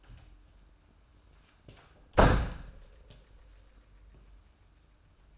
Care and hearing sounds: daily activity, microphone in the room; close door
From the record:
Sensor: 2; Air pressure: 994.2 hPa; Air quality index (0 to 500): 206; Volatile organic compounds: 1000 ppm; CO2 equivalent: 6819 ppm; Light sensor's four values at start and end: 83/194/81/81 and 81/190/79/80

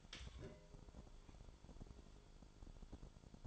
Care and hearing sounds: daily activity, microphone in the room; take from stove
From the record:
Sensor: 5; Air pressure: 1008.2 hPa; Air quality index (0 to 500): 127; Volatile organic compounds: 1 ppm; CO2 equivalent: 976 ppm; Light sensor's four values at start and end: 30/61/27/28 and 29/60/27/28

